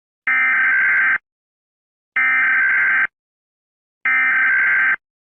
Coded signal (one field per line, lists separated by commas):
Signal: Emergency Alert System (SAME) tones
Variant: header bursts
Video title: Nuclear War - Nuclear EAS Scenario (EAS Apocalypse Scenario)